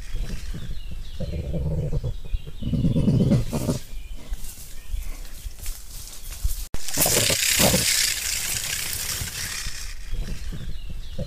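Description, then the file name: Crested porcupine producing low, buzzing grunts in the first part, followed after an abrupt cut by a loud, harsh hiss-like rattle and a couple of short grunts. "ISTRICE CRESTATO Histrix cristatus"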